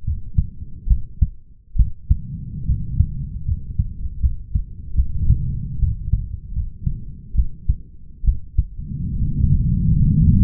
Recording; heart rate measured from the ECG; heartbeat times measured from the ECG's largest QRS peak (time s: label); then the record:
heart sounds by stethoscope; 73 bpm
0.04 s: heartbeat
0.87 s: heartbeat
1.76 s: heartbeat
2.66 s: heartbeat
3.45 s: heartbeat
4.20 s: heartbeat
4.95 s: heartbeat
5.79 s: heartbeat
6.53 s: heartbeat
7.35 s: heartbeat
8.24 s: heartbeat
9.18 s: heartbeat
9.95 s: heartbeat
From the record:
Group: healthy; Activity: rest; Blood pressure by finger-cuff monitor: 110/81 mmHg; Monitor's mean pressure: 88 mmHg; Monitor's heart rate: 73 bpm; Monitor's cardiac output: 5.2 L/min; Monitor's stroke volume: 74 mL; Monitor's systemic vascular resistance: 1230 dyn s/cm5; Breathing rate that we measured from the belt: 18 breaths a minute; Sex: male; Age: 21 years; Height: 170 cm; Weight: 71 kg